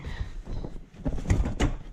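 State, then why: Not seated. The rear seat base cushion of a 2009–2014 Subaru Outback or Legacy is being pushed back down onto its car floor clips after a fuel filter change. Short knocks and handling thumps are heard, and the cushion has not seated or clipped in yet.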